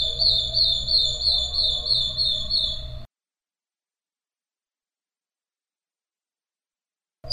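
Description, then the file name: Madi injap song: a high rippling trill for three seconds over steady low hum, followed by a long silence. "suara kicauan burung madi injap"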